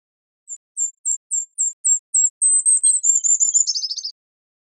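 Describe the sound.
Golden-crowned kinglet song, a string of thin, extremely high notes that quicken into a run and drop into a tumbling, buzzy twitter at the end.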